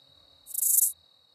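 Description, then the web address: Broad-winged bush katydid giving a single short, hissing high-pitched burst about half a second long, with a faint steady tone underneath. North America. "Songs of Insects. Broad-winged Bush Katydid"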